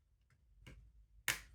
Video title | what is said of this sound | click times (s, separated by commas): Formovie Fengmi S5 - 02. Remontage (Assemble) | J'essaie de remettre la nappe. Voilà, clac. Ça s'enclenche tout | 1.3 s